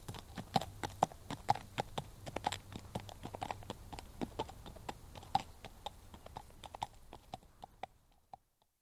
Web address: one horse walks past on tarmac right to left with quite a lot of wind noise